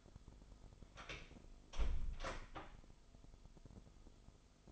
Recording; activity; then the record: daily activity, microphone in the room; close door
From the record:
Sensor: 5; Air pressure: 996.3 hPa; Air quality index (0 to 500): 31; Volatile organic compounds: 1 ppm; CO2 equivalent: 556 ppm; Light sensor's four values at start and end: 43/102/42/44 and 44/102/42/44